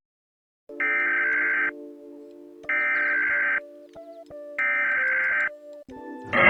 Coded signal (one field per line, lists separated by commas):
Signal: Emergency Alert System (SAME) tones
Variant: header bursts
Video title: Mr Increíble Perturbado (Escuchas Está Alarma de/EAS ALARM) - Parte 13 | 13/15